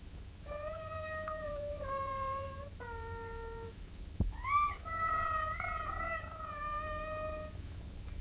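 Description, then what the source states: Cat meowing repeatedly, a run of clear, mostly steady-pitched meows, with a sharp click midway. Cat gently meowing at long intervals.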